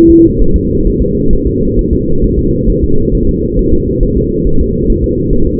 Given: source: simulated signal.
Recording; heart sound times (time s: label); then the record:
fetal heart sounds
0.10 s: S2
0.42 s: S1
0.56 s: S2
0.87 s: S1
1.02 s: S2
1.33 s: S1
1.47 s: S2
1.79 s: S1
1.93 s: S2
2.24 s: S1
2.39 s: S2
2.70 s: S1
2.84 s: S2
3.15 s: S1
3.29 s: S2
3.59 s: S1
3.74 s: S2
4.03 s: S1
4.18 s: S2
4.47 s: S1
4.61 s: S2
4.90 s: S1
5.04 s: S2
5.33 s: S1
5.47 s: S2
From the record:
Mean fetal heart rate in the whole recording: 135 bpm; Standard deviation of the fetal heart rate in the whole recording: 3 bpm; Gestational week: 36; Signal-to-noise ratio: -17.7 dB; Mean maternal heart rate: 72 bpm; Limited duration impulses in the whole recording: present